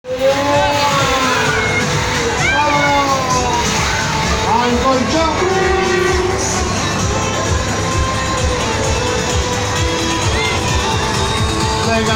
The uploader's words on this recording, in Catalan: Fira i atraccions durant les festes de la Cinta a #Tortosa.